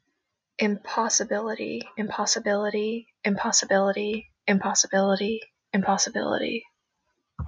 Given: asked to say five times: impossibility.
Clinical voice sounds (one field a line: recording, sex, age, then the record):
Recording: repeated word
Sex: female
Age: 20 to 29 years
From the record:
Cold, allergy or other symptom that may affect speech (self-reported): no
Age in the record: 24 years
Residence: Connecticut, United States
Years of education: 18